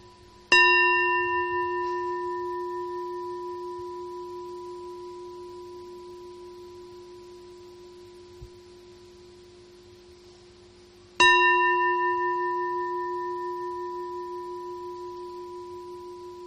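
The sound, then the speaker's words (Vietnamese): A Buddhist temple bell is struck twice during a meditation retreat, about ten seconds apart, each stroke ringing out with a bright attack and a long, steady, humming decay of layered tones that fills the silence. “Phật tử, chúng ta ngồi trang nghiêm với trạng thái thiền định để Phật tử lắng nghe trọn vẹn tiếng chuông đã ngân 83 tháng mà Phật tử đã tu học.”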